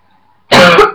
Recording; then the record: coughing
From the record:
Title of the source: Barking cough - # 10